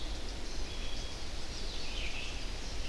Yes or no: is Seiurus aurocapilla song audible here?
no